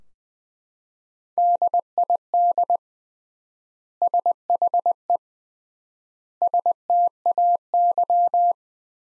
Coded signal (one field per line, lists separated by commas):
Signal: Morse code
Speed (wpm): 20 wpm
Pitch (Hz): 700 Hz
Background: none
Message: DID SHE STAY